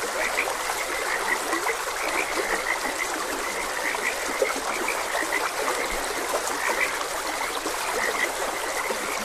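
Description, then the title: Many frogs calling at once with short, bright chirps, layered over constant running water. Frogs croaking beside a gentle stream. "Gentle Stream and Frogs Croaking"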